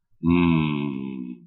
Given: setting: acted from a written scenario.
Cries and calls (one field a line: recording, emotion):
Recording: vocal sound without words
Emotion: desire